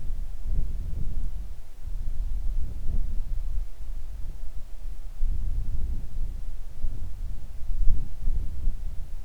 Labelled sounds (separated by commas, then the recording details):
wind
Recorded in the Arctic National Wildlife Refuge, Alaska, on 3 August 2019 at 10:28
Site 41